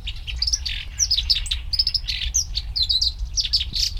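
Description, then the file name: Black-browed reed warbler song of quick, clear chirps and buzzy rasping phrases, delivered in rapid spurts with brief gaps, faint low hum beneath. "warbler-black-browed-reed a-Acrocephalus-bistrigiceps"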